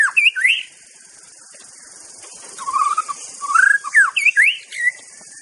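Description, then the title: White-rumped shama whistling looping, rising and falling phrases, quiet in the middle, then a lively run of slurred notes, with insects humming in the background. Wild bird singing in forest. "Kicau Asli Murai Batu Hutan"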